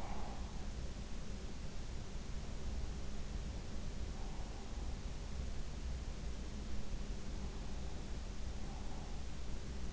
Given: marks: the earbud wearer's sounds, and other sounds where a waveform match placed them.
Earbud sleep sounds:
sounds in sleep by an in-ear microphone; breath
0.00-0.42 s: breath

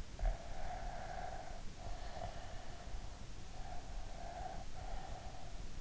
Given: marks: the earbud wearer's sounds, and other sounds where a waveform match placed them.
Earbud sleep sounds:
sounds in sleep by an in-ear microphone; breath
0.08-3.29 s: breath
3.48-5.61 s: breath

